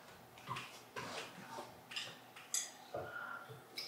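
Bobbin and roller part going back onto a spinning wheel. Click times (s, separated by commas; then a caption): 2.5 s. A bobbin and its small roller are fitted back onto a spinning wheel by hand, with light knocks and scrapes of handling. A sharp click at 2.5 s marks the part clicking into place, and it is seated.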